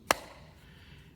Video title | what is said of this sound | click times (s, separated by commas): Boltune Earbuds - IPX8, aptX, CVC 8.0 Noise Cancellation, and BASS!!! | it's a very satisfying click when it does close so | 0.1 s